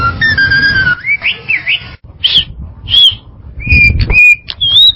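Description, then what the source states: Bird calls, a long descending whistle, then separate short clear whistled notes and brief chirps spaced by pauses. Complete birdsong.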